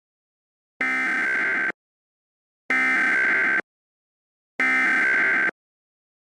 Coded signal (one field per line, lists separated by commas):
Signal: Emergency Alert System (SAME) tones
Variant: header bursts